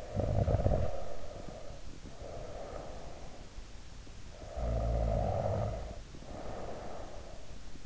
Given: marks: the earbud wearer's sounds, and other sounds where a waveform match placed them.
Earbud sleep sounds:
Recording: sounds in sleep by an in-ear microphone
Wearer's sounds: snoring breath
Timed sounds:
0.00-3.31 s: snoring breath
4.37-7.39 s: snoring breath

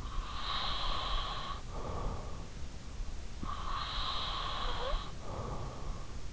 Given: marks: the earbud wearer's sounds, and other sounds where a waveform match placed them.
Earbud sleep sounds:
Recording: sounds in sleep by an in-ear microphone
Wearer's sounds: breath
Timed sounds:
0.08-2.65 s: breath
3.22-5.97 s: breath

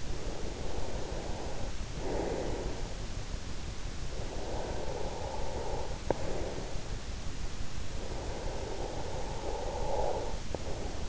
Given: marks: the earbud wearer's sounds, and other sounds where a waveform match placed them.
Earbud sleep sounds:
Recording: sounds in sleep by an in-ear microphone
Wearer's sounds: breath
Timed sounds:
0.00-3.05 s: breath
4.23-6.92 s: breath
7.98-11.09 s: breath

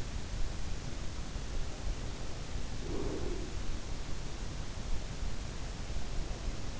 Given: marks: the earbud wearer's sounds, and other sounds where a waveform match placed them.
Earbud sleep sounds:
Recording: sounds in sleep by an in-ear microphone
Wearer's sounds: breath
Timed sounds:
2.89-3.82 s: breath

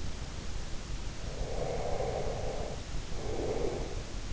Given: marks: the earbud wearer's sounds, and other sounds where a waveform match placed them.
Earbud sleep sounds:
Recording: sounds in sleep by an in-ear microphone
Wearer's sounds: breath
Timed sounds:
1.14-4.33 s: breath

